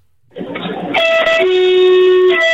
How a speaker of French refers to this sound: Non mais ça, c'est t'as piqué le klaxon du train de la SNCF, sans déconner,